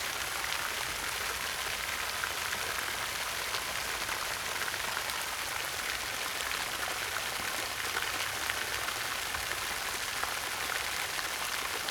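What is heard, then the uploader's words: Steady spray from a gentle waterfall hisses without pause, a dense bright patter like rain on a surface. The sound stays even throughout, with fine crackling droplets up high and little weight in the low end. Spray from the Gentle Waterfall.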